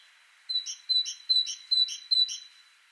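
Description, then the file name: Great tit calling: five bright, ringing two-part notes in quick succession, otherwise quiet. "Parus major"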